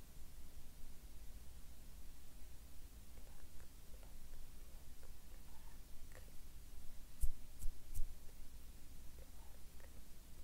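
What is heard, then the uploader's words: Soft hand movements and faint mouth clicks over a steady low hum, with a few sharper taps near seven and eight seconds. ASMR PLUCKING NEGATIVE ENERGY ASMR CLEANING ENERGY, ASMR HAND MOVEMENTS MOUTH SOUNDS.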